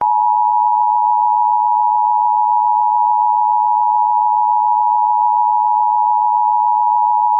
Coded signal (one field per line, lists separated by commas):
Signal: Emergency Alert System (SAME) tones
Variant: 853 and 960 Hz attention tone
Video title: Emergency Alert System **For The Following Count National Weather Service Isued A Tornado Warning